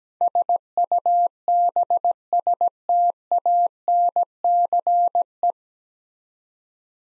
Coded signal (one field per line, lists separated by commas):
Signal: Morse code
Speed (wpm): 17 wpm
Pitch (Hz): 700 Hz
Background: none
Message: SUBSTANCE